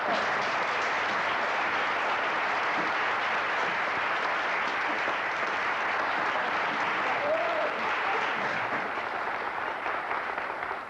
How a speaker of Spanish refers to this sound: Por favor, aplaudan a nuestro invitado misterioso.